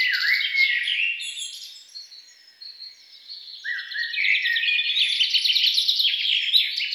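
Songbird song opening with busy chirps, easing into faint notes, then rising again into a dense, rapid trilling warble.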